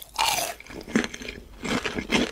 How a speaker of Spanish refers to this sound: ¡Wow! El sonido de la, ¿eh? El sonido del churro ahí masticando.